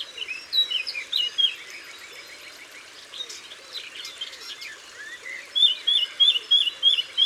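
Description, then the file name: Eurasian blackcap song: varied warbling phrases, then a closing run of bright fluty notes. Other birds chirp, and soft low cooing repeats in the background. Recorded in Isère, France. "Fauvette-a-tete-noire-Concerts-naturels-de-l Isere-Studio-Les-Trois-Becs"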